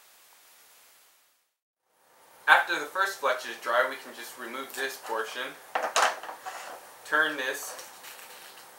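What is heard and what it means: After the first fletching has dried and its clamp is removed on a wooden arrow, the rotating nock receiver of a fletching jig is handled to turn it to its next detent position. Faint noise and a brief silence give way at about 2.5 s to someone talking over light handling sounds. Nothing has seated or clicked yet; the clip ends just before it locks into place.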